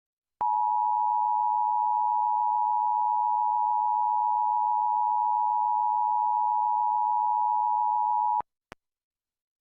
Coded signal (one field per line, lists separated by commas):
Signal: Emergency Alert System (SAME) tones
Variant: 853 and 960 Hz attention tone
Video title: Detroit MI Required Monthly Test (EAS #1269) 9/20/23